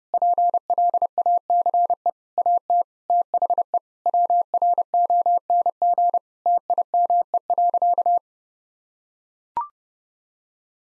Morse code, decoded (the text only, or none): PLACE AT THE WRONG TIME.